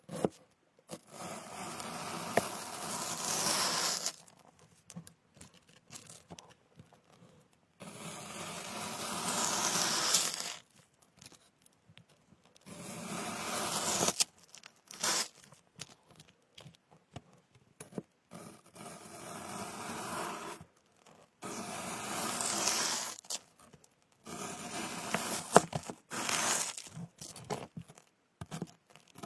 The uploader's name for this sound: cutting fruits and picking ears